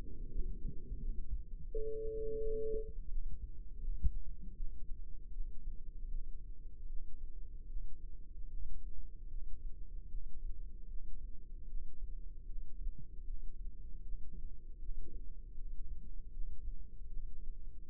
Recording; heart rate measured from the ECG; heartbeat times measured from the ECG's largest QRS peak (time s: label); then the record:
heart sounds by microphone in the left ear; 79 bpm
0.29 s: heartbeat
1.00 s: heartbeat
1.68 s: heartbeat
2.37 s: heartbeat
3.08 s: heartbeat
3.80 s: heartbeat
4.55 s: heartbeat
5.30 s: heartbeat
6.08 s: heartbeat
6.87 s: heartbeat
7.66 s: heartbeat
8.47 s: heartbeat
9.28 s: heartbeat
10.08 s: heartbeat
10.87 s: heartbeat
11.67 s: heartbeat
12.46 s: heartbeat
13.24 s: heartbeat
14.02 s: heartbeat
14.78 s: heartbeat
15.55 s: heartbeat
16.31 s: heartbeat
17.06 s: heartbeat
17.82 s: heartbeat
From the record:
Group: healthy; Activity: rest 0-3 s, Valsalva maneuver 3-18 s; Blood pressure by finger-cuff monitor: 155/102 mmHg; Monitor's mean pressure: 123 mmHg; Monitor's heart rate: 79 bpm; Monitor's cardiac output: 4.8 L/min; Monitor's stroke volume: 61 mL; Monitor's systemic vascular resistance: 1840 dyn s/cm5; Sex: female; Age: 51 years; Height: 162 cm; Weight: 70.04 kg